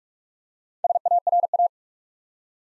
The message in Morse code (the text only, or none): SARA